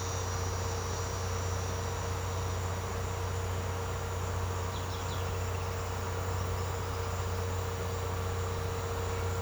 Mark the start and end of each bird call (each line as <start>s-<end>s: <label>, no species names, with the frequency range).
4.49s-5.79s: bird call (1.4-4.7 kHz)